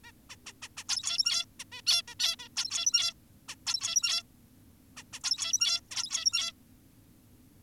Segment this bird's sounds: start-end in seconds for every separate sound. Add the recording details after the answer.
0.04-0.12, 0.30-0.36, 0.46-0.53, 0.62-0.68, 0.77-0.84, 0.88-1.45, 1.60-1.64, 1.72-1.82, 1.87-2.02, 2.08-2.15, 2.20-2.36, 2.39-2.48, 2.57-3.14, 3.49-3.55, 3.67-4.23, 4.97-5.03, 5.13-5.20, 5.24-5.81, 5.91-6.52. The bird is an adult. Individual g17y2U